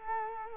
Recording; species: mosquito wingbeat signal from an infrared sensor; Culex quinquefasciatus